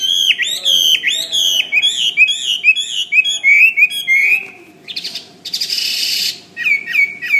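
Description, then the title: Bird song of rich whistled and chirping notes in quick succession, broken by a brief harsh noisy burst before whistles resume. "SuaraBurung Kicau"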